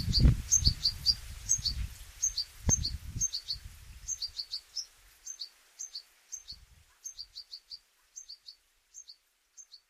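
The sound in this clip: European goldfinch calls, short high paired and tripled tinkling notes repeated steadily throughout, with low rumbling thumps in the first few seconds.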